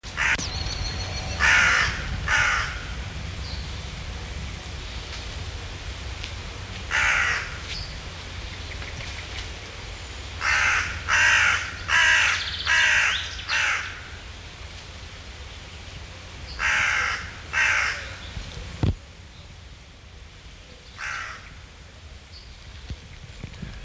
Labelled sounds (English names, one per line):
Hooded Crow call
Common Chaffinch